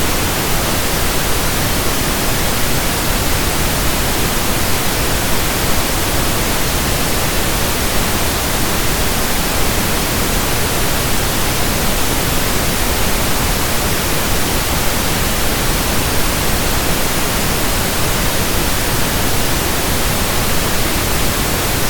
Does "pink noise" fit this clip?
yes